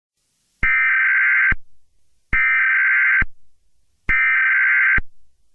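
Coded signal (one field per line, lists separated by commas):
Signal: Emergency Alert System (SAME) tones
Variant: header bursts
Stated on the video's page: Fictional EAS scenario that uses valid EAS tones.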